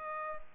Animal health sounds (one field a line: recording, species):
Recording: mosquito wingbeat signal from an infrared sensor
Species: Culex pipiens